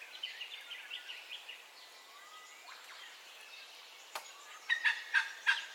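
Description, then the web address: Bird calls: soft whistled and chattering notes, then a sharp click and a short run of loud, harsh repeated notes near the end. Dawn ambience with bird calls, stereo. "Sound Effects-Foundation Updates AMBIENCE DAWN BIRDCALLS STEREO"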